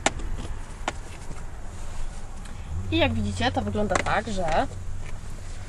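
The metal tongue of a dog harness seatbelt tether is pushed into a car's seat-belt buckle, giving a sharp latching click at 0.1 s and a second, fainter hit at 0.9 s. The tether is latched in place. Someone then talks from about 2.7 s to the end.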